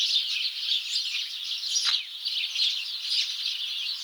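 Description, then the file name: House sparrow flock chirping continuously, many short notes overlapping, with one brief noisy burst near the middle. "Passer domesticus"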